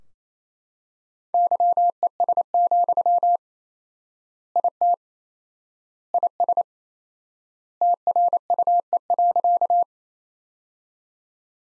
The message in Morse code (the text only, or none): YES, IT IS TRUE.